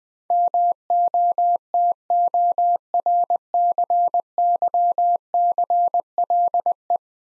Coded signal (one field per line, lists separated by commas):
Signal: Morse code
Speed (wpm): 20 wpm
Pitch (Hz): 700 Hz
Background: none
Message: MOTORCYCLE